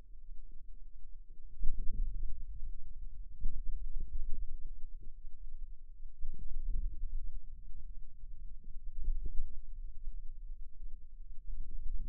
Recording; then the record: forearm muscle sounds (acoustic myography)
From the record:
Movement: ulnar deviation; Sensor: system 2, bracelet of six BSWA MPA416 microphones around the upper forearm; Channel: 1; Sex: female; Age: 22 years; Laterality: right